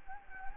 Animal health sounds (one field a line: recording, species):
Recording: mosquito wingbeat signal from an infrared sensor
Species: Anopheles gambiae